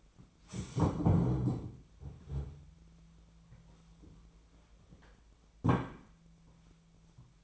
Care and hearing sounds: daily activity, microphone in the room; stand up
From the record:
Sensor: 1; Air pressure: 1008.0 hPa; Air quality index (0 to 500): 191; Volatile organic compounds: 17 ppm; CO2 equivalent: 2590 ppm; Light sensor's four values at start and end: 13/33/13/15 and 13/33/13/14

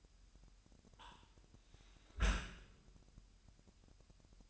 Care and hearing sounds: daily activity, microphone in the room; close dishwasher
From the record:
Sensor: 2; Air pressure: 998.2 hPa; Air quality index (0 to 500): 149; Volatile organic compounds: 4 ppm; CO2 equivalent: 1688 ppm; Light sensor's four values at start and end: 10/30/12/11 and 10/30/12/11

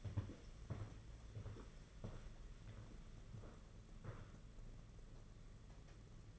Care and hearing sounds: daily activity, microphone in the room; walk to room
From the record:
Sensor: 4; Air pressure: 992.8 hPa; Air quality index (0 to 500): 177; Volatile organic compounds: 355 ppm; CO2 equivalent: 4594 ppm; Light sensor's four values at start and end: 4/10/4/4 and 4/10/4/5

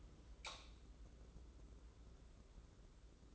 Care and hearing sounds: daily activity, microphone in the room; light on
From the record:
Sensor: 3

